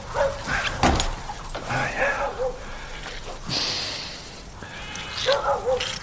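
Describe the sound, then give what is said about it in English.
A sheepdog working a flock barks and yips in a series of sharp, irregular bursts, some higher and whiny, over a steady rumbling background with muffled voices. “Good dog.”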